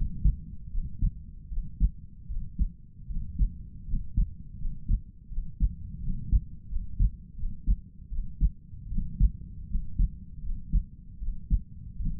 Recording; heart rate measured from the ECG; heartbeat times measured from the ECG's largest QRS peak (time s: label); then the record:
heart sounds by stethoscope; 80 bpm
0.70 s: heartbeat
1.49 s: heartbeat
2.27 s: heartbeat
3.07 s: heartbeat
3.85 s: heartbeat
4.57 s: heartbeat
5.29 s: heartbeat
6.00 s: heartbeat
6.68 s: heartbeat
7.36 s: heartbeat
8.09 s: heartbeat
8.89 s: heartbeat
9.67 s: heartbeat
10.41 s: heartbeat
11.19 s: heartbeat
11.97 s: heartbeat
From the record:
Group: healthy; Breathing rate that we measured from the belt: 20 breaths a minute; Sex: male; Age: 22 years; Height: 181 cm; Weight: 60 kg